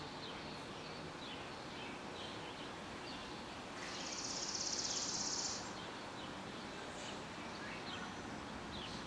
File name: freesound Early Summer Evening Kids Playing Chipping Sparrows